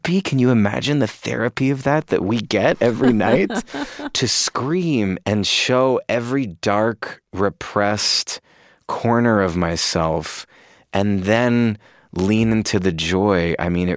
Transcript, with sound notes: can you imagine the therapy of that that we get every night?
(Laughter).
To scream and show every dark, repressed corner of myself and then lean into the joy,